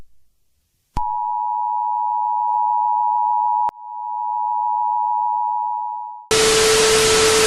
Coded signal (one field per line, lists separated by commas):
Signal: Emergency Alert System (SAME) tones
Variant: 853 and 960 Hz attention tone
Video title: Daily EAS Test Malfunction